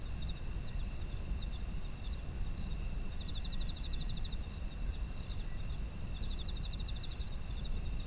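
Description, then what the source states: Insect chorus of level high tones, broken by two bursts of rapid pulsed chirping about three seconds apart, low-pitched rumble throughout. Autumn insects, ambient environmental sound.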